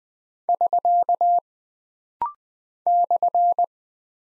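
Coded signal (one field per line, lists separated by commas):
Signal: Morse code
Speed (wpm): 20 wpm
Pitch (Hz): 700 Hz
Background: none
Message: <SK> /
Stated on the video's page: Punctuation and prosign drill at 20 wpm, each character sent, spoken, then sent again, with rapid-fire timing for instant character recognition.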